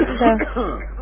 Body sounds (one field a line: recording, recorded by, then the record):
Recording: voluntary cough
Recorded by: telephone call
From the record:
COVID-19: positive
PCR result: checked with the laboratory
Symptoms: no